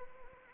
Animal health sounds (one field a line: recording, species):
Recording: mosquito wingbeat signal from an infrared sensor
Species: Anopheles arabiensis